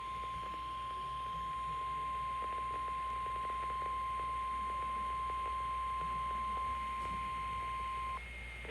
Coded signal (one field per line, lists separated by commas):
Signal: Emergency Alert System (SAME) tones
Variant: 1050 Hz attention tone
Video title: Flash Flood Warning AGAIN (5 miles from me!) | EAS 17